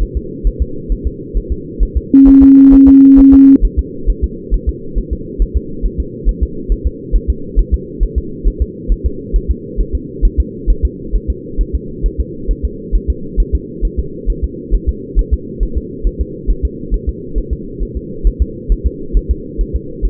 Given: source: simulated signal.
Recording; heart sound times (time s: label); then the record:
fetal heart sounds
0.03 s: S1
0.17 s: S2
0.47 s: S1
0.62 s: S2
0.92 s: S1
1.07 s: S2
1.37 s: S1
1.52 s: S2
1.83 s: S1
1.97 s: S2
2.28 s: S1
2.43 s: S2
2.74 s: S1
2.88 s: S2
3.19 s: S1
3.34 s: S2
3.65 s: S1
3.79 s: S2
4.10 s: S1
4.24 s: S2
4.54 s: S1
4.69 s: S2
4.98 s: S1
5.13 s: S2
5.42 s: S1
5.57 s: S2
5.86 s: S1
6.00 s: S2
6.29 s: S1
6.43 s: S2
6.72 s: S1
6.87 s: S2
7.16 s: S1
7.30 s: S2
7.59 s: S1
7.74 s: S2
8.03 s: S1
8.18 s: S2
8.48 s: S1
8.62 s: S2
8.92 s: S1
9.06 s: S2
9.36 s: S1
9.51 s: S2
9.81 s: S1
9.95 s: S2
10.25 s: S1
10.40 s: S2
10.70 s: S1
10.85 s: S2
11.16 s: S1
11.30 s: S2
11.61 s: S1
11.75 s: S2
12.06 s: S1
12.20 s: S2
12.51 s: S1
12.65 s: S2
12.95 s: S1
13.10 s: S2
13.40 s: S1
13.55 s: S2
13.85 s: S1
14.00 s: S2
14.30 s: S1
14.44 s: S2
14.75 s: S1
14.89 s: S2
15.19 s: S1
15.34 s: S2
15.63 s: S1
15.78 s: S2
16.07 s: S1
16.21 s: S2
16.50 s: S1
16.65 s: S2
16.94 s: S1
17.09 s: S2
17.38 s: S1
17.53 s: S2
17.83 s: S1
17.97 s: S2
18.27 s: S1
18.42 s: S2
18.72 s: S1
18.87 s: S2
19.17 s: S1
19.31 s: S2
19.61 s: S1
19.76 s: S2
20.05 s: S1
From the record:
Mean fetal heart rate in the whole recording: 135 bpm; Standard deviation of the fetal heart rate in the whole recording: 3 bpm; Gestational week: 36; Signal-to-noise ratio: -4.3 dB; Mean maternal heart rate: 72 bpm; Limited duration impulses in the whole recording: present